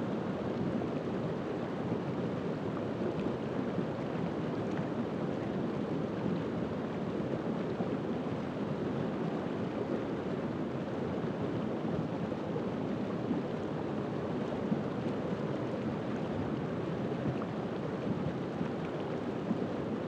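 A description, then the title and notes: A river rushes steadily at night, a dense, unbroken roar with most of its weight in the low and middle range, never easing. Sound of the River at Night in Gorham, New Hampshire. Dolly Copp Campground, Gorham, NH.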